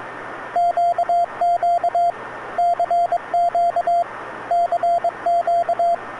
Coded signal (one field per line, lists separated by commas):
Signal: Morse code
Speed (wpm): 21 wpm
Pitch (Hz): 680 Hz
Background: radio noise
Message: QQ CQ CQ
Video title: KFS station 12695.5 KHz